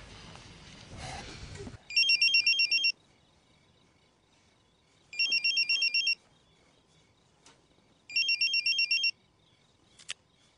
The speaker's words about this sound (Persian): گوشیش زنگ میخوره، مادرشه. گوشی خونه زنگ میخوره.